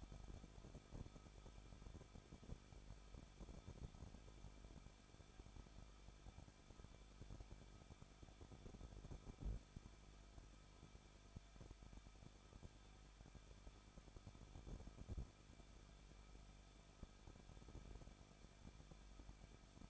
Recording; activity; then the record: daily activity, microphone in the room; no activity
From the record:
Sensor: 5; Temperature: 20.8 degrees Celsius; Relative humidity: 38.2%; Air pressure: 1006.7 hPa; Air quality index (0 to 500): 185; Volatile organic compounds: 17 ppm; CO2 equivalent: 2578 ppm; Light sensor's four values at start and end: 2/3/1/1 and 2/3/1/1